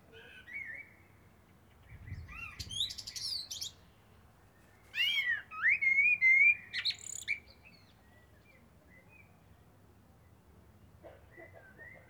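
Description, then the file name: Eurasian blackbird song: scattered high twitters, then a clear phrase of wavering fluted whistles, over a low background rumble. "Turdus merula"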